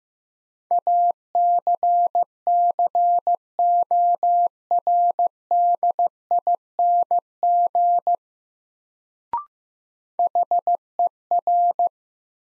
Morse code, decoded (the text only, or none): ACCORDING HER